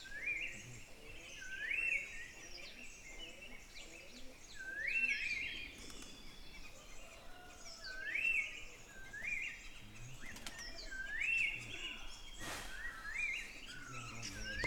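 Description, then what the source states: Bird song, short rising chirped phrases repeated every few seconds, with background noise. Forest bird.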